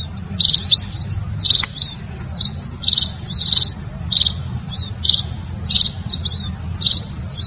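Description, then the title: Red-throated parrotfinch giving high, thin buzzy notes repeated many times over a steady low rumble. "Erythrura Psittacea"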